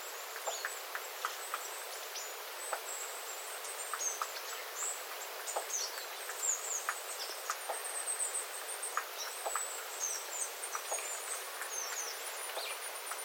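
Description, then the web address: Small birds chattering constantly with high, thin, squeaky calls, while water drips in irregular ticks across the whole stretch. Small flock of small birds calling; water dripping from the eaves after rain; recorded 9 September 2025. "paivat 9 9 2025 pikkulintuparven aantelya vesi tippuu raystaalta sateen jalkeen"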